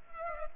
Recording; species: mosquito wingbeat signal from an infrared sensor; Culex pipiens